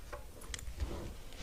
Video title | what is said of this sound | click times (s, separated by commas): Etac Balder Riser Motor Replacement | I think I've got that circlip on. Right, the circlip's on, but it's not located yet in its wee groove. | 0.5 s